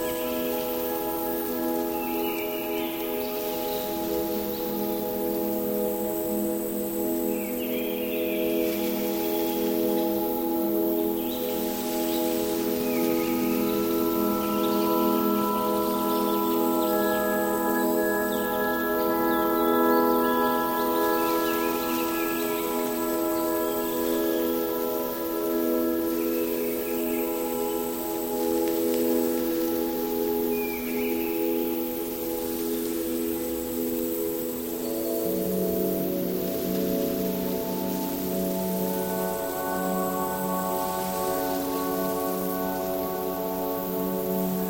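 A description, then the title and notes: Tranquil music with long sustained tones, like singing bowls or soft bells, layered over a steady hiss resembling rustling leaves. The held chords shift around 12 and 35 seconds. Brief bright chirps and sparkling accents pop up occasionally throughout, at an even volume. Enchanted Forest Ambience. Relax among rustling leaves, chirping birds, and playful fairies in an enchanted forest during Autumn. Tranquil music and nature sounds.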